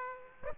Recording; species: mosquito wingbeat signal from an infrared sensor; Aedes aegypti